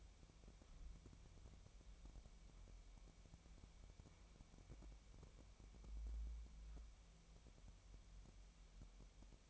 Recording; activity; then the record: daily activity, microphone in the room; wipe stove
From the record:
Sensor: 1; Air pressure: 1003.3 hPa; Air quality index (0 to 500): 198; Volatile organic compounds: 6 ppm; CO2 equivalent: 1899 ppm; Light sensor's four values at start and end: 10/25/10/12 and 10/25/10/12